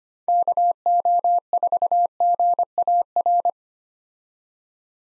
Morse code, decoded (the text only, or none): KO4GAR